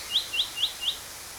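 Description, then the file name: Common nightingale calls, four short rising high notes repeated evenly about every quarter second, over faint background hiss. "Luscinia megarhynchos"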